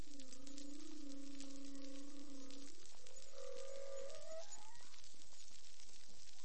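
Whale song: long, low droning moan held steady, then stepping up into higher, rising tones, amid steady background hiss.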